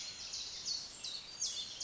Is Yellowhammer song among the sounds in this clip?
no